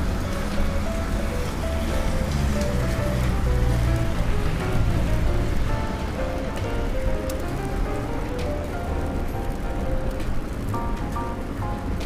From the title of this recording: Raining Day In New York